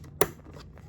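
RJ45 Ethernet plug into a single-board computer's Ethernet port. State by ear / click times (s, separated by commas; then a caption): seated / 0.2 s. An RJ45 Ethernet cable plug with a plastic latch is pushed into the Ethernet port of a Raspberry Pi 5 single-board computer. A single sharp, bright snap is heard at 0.2 s, with faint small ticks before and after. The plug seats in the port with the snap you want to hear.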